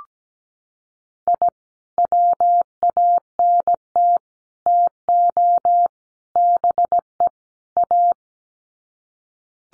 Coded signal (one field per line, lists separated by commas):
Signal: Morse code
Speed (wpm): 17 wpm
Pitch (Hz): 700 Hz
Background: none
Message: I WANT TO BE A